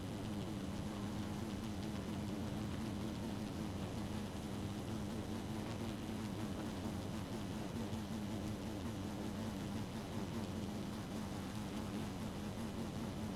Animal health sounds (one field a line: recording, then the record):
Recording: honeybee colony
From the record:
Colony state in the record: active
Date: 12 June 2018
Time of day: 1:25